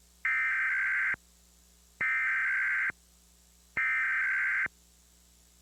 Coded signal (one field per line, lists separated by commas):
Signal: Emergency Alert System (SAME) tones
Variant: header bursts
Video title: EAS required monthly test (August 3,2016)